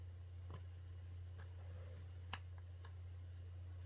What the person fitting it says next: okay i heard it snap in